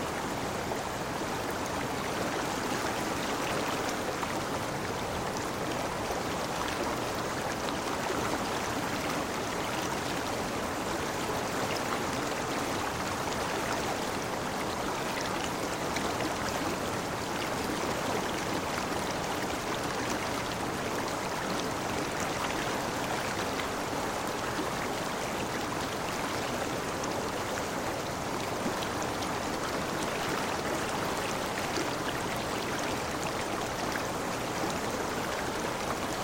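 A river rushes steadily, a dense, unbroken wash of flowing water that fills everything from low rumble to bright hiss. The level barely shifts across the whole stretch, with no distinct splashes or pauses standing out, just a constant roar of water.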